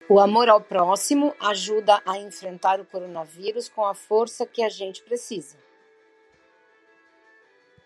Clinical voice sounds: spoken sentence; Brazilian Portuguese; female; 50 to 59 years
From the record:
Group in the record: control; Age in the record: 57 years

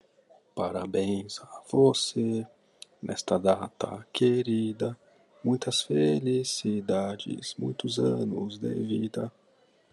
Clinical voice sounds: short text; Brazilian Portuguese; male; 30 to 39 years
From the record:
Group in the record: control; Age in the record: 34 years

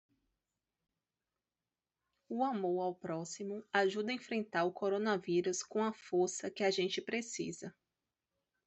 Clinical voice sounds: spoken sentence; Brazilian Portuguese; female; 20 to 29 years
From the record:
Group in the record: control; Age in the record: 28 years

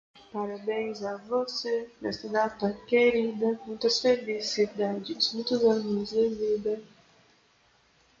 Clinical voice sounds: short text; Brazilian Portuguese; female; 20 to 29 years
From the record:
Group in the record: control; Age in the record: 22 years

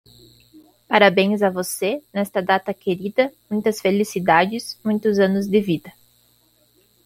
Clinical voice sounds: short text; Brazilian Portuguese; female; 20 to 29 years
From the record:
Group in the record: control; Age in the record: 23 years

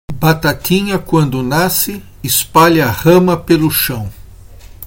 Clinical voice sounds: short text; Brazilian Portuguese; male; 60 to 69 years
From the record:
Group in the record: control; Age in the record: 60 years

